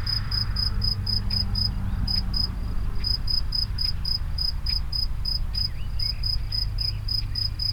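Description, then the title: Grasshopper chirping: short high-pitched tonal pulses repeated with brief pauses, over a steady low rumble. Recorded near the Henri Bridge at Niévroz. "Niévroz, Locusts near the Henri Bridge - Criquets vers le Pont Henri"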